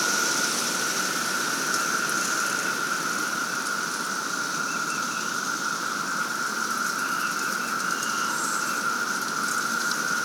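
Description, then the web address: Periodical cicadas in a steady, unbroken chorus, a constant buzzing whine with higher hissing layers. 17-year cicadas in a capital city, 2024. "The Psychologically Ultimate 220 Year Cicada Bloom. 17 Year Capital City Cicadas"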